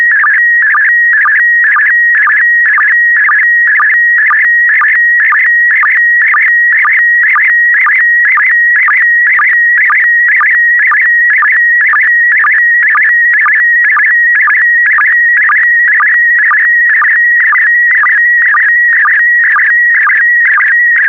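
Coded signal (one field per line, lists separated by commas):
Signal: SSTV (slow-scan television)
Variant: PD120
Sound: steady warbling whistle near 1.9 kHz with rhythmic low chirps twice a second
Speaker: complete you can now check your decoded image against the picture that is shown on the video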